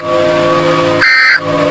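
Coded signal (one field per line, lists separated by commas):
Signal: Emergency Alert System (SAME) tones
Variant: end-of-message bursts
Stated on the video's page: Fictional EAS scenario, a simulated alert rather than a real one.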